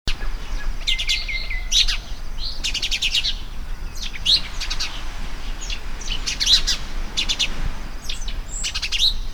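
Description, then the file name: House sparrow calls: clusters of rapid, scratchy chirps arriving in bursts every second or two, with several birds chattering at once over low rumbling noise. "Passer domesticus"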